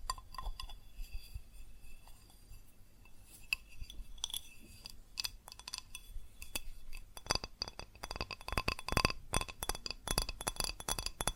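Quick tapping on glass and ceramic objects, bright clinking ticks with a ringing top. The first seven seconds bring scattered, lighter taps with gaps between them; after that the tapping becomes fast and dense, sharp clinks piling up steadily to the end.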